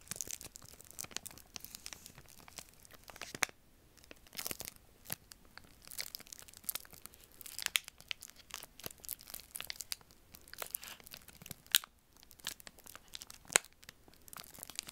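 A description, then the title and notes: Busy crinkling of thin plastic or paper fills the recording, a dense stream of sharp, bright crackles. Louder crunches and tearing snaps break through irregularly, roughly every second or two, with brief quieter gaps near four and twelve seconds. Intense Tingly Crinkling Sounds.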